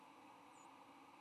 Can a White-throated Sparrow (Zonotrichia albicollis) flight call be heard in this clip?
no